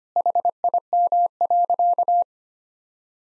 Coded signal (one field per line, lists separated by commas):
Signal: Morse code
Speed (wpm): 25 wpm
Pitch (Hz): 700 Hz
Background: none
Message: HIM.